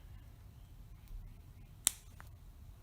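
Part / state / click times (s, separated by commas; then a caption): battery or cover pushed into a tire pressure monitoring sensor housing / seated / 1.9 s. While changing the battery in a solar tire pressure monitoring sensor, the battery or cover is pushed into the sensor housing until it sits. A single sharp snap is heard at 1.9 s, followed by a faint tick at 2.2 s, over a low background hum. The part snaps into place and is confirmed seated.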